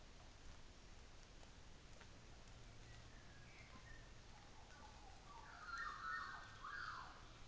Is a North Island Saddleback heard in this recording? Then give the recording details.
no. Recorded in New Zealand on 24 December 2018. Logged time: 10:15